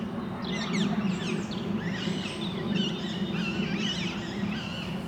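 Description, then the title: Parakeets squawking with harsh, wavering notes from several birds, over a steady low hum. Parc Duden, Forest, Brussels-Capital, Belgium; just before nightfall; recorded with Zoom MicTrak M4 internal XY microphones. "Parc Duden, Forest, Bruxelles-Capitale, Belgique - Parakeets - Perruches"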